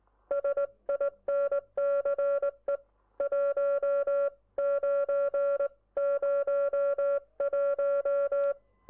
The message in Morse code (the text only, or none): SINCE 1901